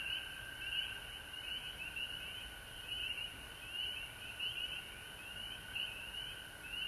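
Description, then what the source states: Frog chorus with a continuous high trill and repeated short upward chirps arriving in uneven bursts. Frogs recorded at home in Georgia on March 19, 2020.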